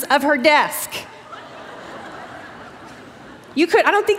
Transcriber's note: laughter